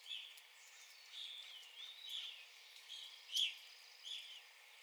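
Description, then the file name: Evening grosbeak calls: soft burry notes with one louder sharp note. Recorded 9 April 2021. "2021-04-09 Evening Grosbeak"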